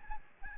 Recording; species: mosquito wingbeat signal from an infrared sensor; Aedes albopictus